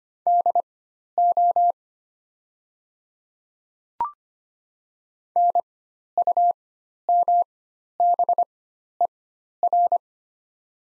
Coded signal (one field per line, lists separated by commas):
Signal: Morse code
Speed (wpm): 25 wpm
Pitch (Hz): 700 Hz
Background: none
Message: DO NUMBER